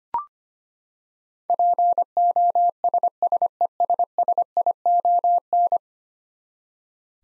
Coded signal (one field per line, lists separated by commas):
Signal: Morse code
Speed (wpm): 25 wpm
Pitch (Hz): 700 Hz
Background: none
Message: POSSESSION